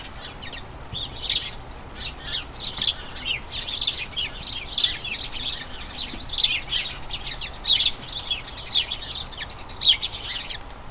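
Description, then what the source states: House sparrows chirping: steady chatter of many birds, bright repeated chirps in loose pulses. Colony of about a dozen house sparrows chattering incessantly in a small front garden as crocuses bloom; excited chatter before the breeding season.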